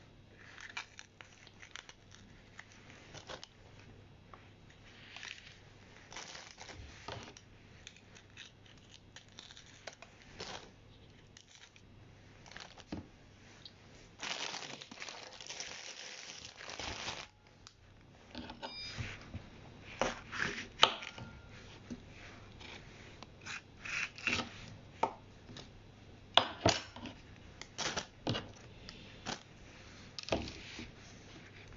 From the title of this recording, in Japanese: 生活音